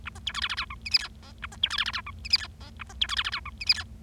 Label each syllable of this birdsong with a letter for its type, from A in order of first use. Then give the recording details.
A B C D E E F G H I J K A B C D E E F G H I J K A B C D E E F G H I J. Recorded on 25 March 2012 at 18:51. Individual gy6or6